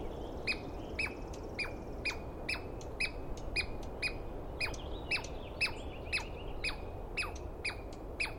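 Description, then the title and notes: Douglas squirrel calls: rapid descending chirps about twice a second, with fainter birdlike notes between them and steady low rumble behind. Douglas pine squirrel screaming for a long while at dawn, morning of 21 April 2017, East Cascades; identified by sound, not clearly seen. "On the morning of 21 April, 2017, I set up my microphones and recorder for a nice dawn recording in the East Cascades. I was started awake by a screaming Douglas Pine Squirrel."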